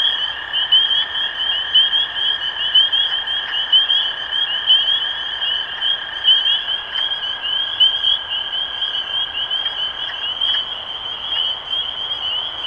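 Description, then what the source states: Spring peepers in a dense chorus of high, rising peeps overlapping without pause, with a steady lower trill running beneath until near the end. Recorded 23 March 2012.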